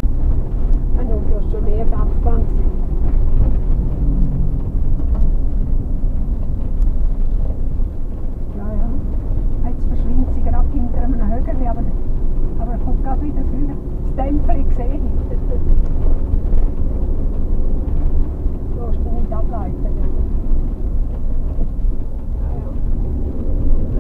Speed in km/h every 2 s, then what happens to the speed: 35, 33, 27, 27, 31, 33, 35, 37, 38, 35, 31, 27.
0-6 slows to 27. 6-17 speeds up to 38. 17-24 slows to 27.